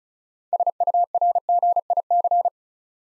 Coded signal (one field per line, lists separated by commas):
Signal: Morse code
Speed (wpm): 36 wpm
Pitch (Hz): 700 Hz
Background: none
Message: SURGIC